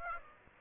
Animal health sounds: mosquito wingbeat signal from an infrared sensor; Aedes aegypti

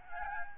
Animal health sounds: mosquito wingbeat signal from an infrared sensor; Aedes albopictus

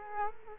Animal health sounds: mosquito wingbeat signal from an infrared sensor; Culex quinquefasciatus

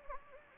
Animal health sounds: mosquito wingbeat signal from an infrared sensor; Anopheles gambiae

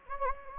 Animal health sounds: mosquito wingbeat signal from an infrared sensor; Anopheles gambiae

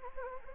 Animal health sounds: mosquito wingbeat signal from an infrared sensor; Anopheles gambiae

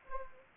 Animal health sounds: mosquito wingbeat signal from an infrared sensor; Anopheles gambiae

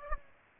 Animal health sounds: mosquito wingbeat signal from an infrared sensor; Aedes aegypti

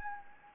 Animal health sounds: mosquito wingbeat signal from an infrared sensor; Anopheles gambiae

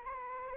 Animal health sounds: mosquito wingbeat signal from an infrared sensor; Anopheles arabiensis

